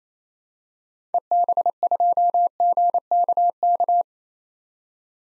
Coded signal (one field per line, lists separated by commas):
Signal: Morse code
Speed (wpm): 28 wpm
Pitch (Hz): 700 Hz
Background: none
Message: EB2GKK